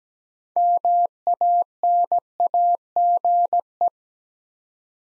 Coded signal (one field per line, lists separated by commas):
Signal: Morse code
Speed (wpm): 17 wpm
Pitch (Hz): 700 Hz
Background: none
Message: MANAGE